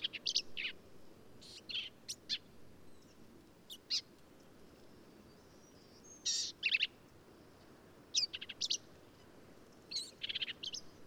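Black-capped vireo singing brief, varied phrases of sharp, squeaky, high notes, separated by pauses of irregular length, against a quiet background.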